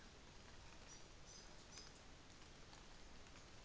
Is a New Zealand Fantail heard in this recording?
yes